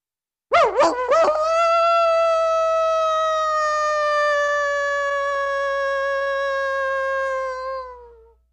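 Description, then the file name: Wolf howl opening with a few quick wavering yelps, then settling into one long, clear, steady tone that dips slightly before fading after about seven seconds. "volk"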